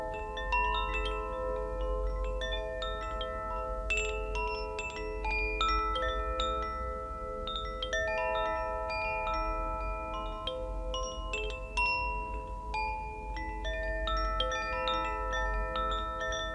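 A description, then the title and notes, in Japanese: Wind chimes ring continuously, struck every second or so in overlapping clusters, each bright tone sustaining and fading slowly into a shimmering wash. Busier flurries come around four and eight seconds. A steady low rumble sits underneath throughout. 風鈴演奏。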